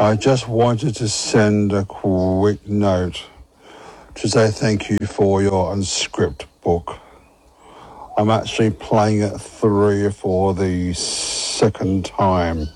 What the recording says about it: He's got a beautiful, powerful voice that he's fallen back in love with. Living with a stutter has made communication challenging throughout my life.